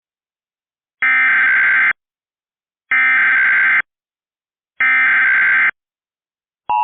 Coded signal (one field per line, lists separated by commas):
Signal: Emergency Alert System (SAME) tones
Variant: header bursts